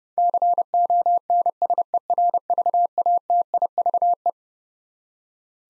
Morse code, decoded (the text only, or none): CONSERVATIVE